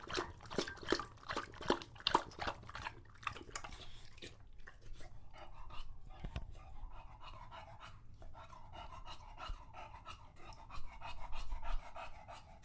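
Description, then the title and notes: English Bulldog making quick wet lapping sounds at first, then quieter breathing, with a few louder wet sounds toward the end. Male English Bulldog named Lucho drinking water from a bowl after a long walk, breathing heavily between drinks, out of breath from the walk and from drinking so long. "English Bulldog Drinks from Water Bowl - Weird Sounds. listen to Lucho the English Bulldog as he tries to drink water after a long walk. Don't let his heavy breathing fool you in between drinks, he's equally out of breath from the walk"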